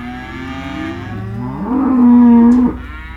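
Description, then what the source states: Cattle mooing: a low, wavering moo rises into a loud sustained bellow near the end, with a quieter earlier call beneath. Cows and calves described as disconsolate, recorded in December (Dec 19).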